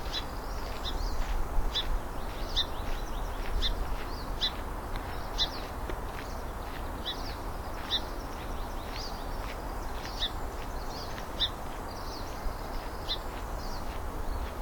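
Bird calls: short, high chirps repeated irregularly throughout, over a steady low rumble of background noise.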